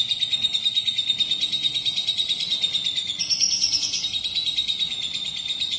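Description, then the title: Lovebird song as a continuous rapid high chatter, buzzy and shrill, with a few brighter squeaky notes layered in partway through. "BM Suara Burung Lovebird"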